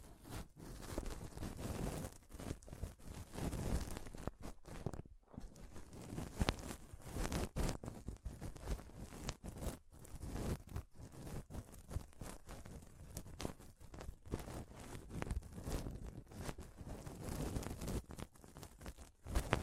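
Scratching and rubbing on a microphone, a dense, restless run of scraping strokes and dull thumps with lots of low rumble. The texture keeps shifting without a steady rhythm, with a brief near-silent gap around five seconds before the rubbing resumes.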